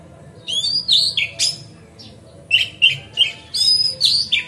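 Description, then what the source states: Oriental magpie-robin delivering two bursts of song, each a string of clear whistles mixed with harsh buzzy notes, separated by a short pause. Kacer song used as masteran (tutoring other birds), on a terrace.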